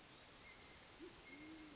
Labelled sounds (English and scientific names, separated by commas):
Band-tailed Pigeon (Patagioenas fasciata)